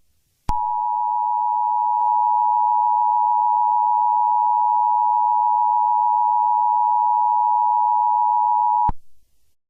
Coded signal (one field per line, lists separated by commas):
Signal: Emergency Alert System (SAME) tones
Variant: 853 and 960 Hz attention tone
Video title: EAS Scenario #3: Canada’s Betrayal